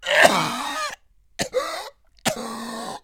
Cough male.